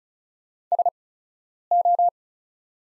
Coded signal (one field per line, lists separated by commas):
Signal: Morse code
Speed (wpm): 34 wpm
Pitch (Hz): 700 Hz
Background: none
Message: SO